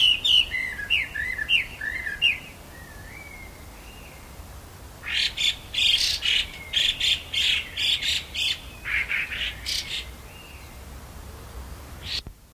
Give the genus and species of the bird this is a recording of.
Garrulax canorus